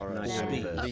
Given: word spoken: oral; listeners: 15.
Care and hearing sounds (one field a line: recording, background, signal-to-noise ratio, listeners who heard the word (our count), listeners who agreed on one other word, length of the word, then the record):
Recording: one English word in noise, from a listening test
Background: four-talker babble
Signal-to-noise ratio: -2.6 dB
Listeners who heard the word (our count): 0 of 15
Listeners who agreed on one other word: 6 of 15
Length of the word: 0.52 s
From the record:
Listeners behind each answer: 6, 2, 1, 1, 1, 1, 1, 1, 1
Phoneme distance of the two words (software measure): 40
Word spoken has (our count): 2 syllables, 4 phonemes, stress on syllable 1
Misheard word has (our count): 1 syllable, 4 phonemes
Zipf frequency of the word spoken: 3.42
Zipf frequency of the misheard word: 4.91